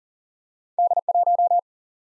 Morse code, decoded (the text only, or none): D1